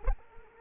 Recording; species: mosquito wingbeat signal from an infrared sensor; Culex quinquefasciatus